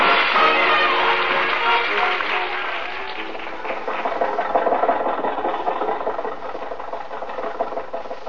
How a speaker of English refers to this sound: think your car will make this hill, Jack? Sure. Rochester, give it a little more gas. Okay. We made it, Mary.